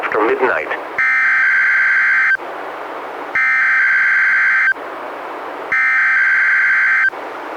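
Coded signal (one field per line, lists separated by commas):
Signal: Emergency Alert System (SAME) tones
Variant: header bursts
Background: speech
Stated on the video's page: Weekly test from the National Weather Service, relayed by a NOAA Weather Radio station, recorded directly from a weather radio into an audio recorder.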